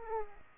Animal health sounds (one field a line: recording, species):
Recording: mosquito wingbeat signal from an infrared sensor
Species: Aedes aegypti